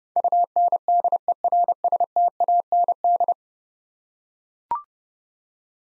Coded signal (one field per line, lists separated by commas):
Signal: Morse code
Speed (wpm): 30 wpm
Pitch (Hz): 700 Hz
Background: none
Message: UNDERSTAND